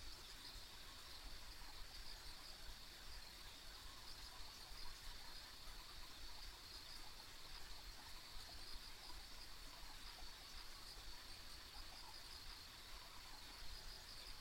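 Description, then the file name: High, even insect drone with occasional faint chirps, constant throughout, over a low, diffuse rushing hiss. Ambient insect sounds along a rural country road. "田舎道の虫の環境音"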